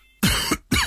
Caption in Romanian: Ai o tuse care nu trece și fumezi sau ai fumat? Ascultă-ți tusea! Poate fi semnul unui cancer de plămâni, mai ales dacă ai și respirație șuierătoare, dureri în piept sau dificultăți de respirație. Mergi la medic. O inițiativă susținută de Bristol Myers Squibb România.